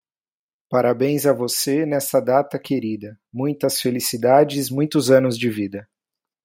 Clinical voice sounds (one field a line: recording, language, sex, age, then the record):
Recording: short text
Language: Brazilian Portuguese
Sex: male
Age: 30 to 39 years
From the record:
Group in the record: control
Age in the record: 37 years